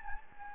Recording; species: mosquito wingbeat signal from an infrared sensor; Anopheles gambiae